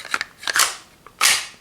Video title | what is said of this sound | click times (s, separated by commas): springfield xd9 review | you hear it snap in you know it's not going to come out you know unless | 0.1 s, 0.2 s, 0.5 s